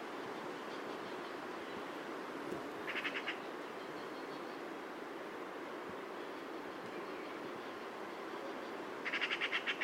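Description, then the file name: Eurasian magpie chattering in two bursts of quick, harsh, evenly pulsed chacks, the second one longer, with a constant low rumble of background noise. "Pica pica"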